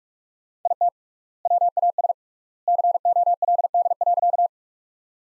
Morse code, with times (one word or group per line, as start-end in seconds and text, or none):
0.7-0.9 IT
1.5-2.1 WAS
2.7-4.5 COLD.